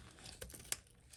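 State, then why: Seated. The longer side of an LED reverse-light pod's wiring harness is pushed into the existing vehicle wiring harness on a 5th Gen 4Runner. Faint plastic handling and rustling sounds lead up to a sharp, bright click at 0.7 s as the connector clicks into place and seats.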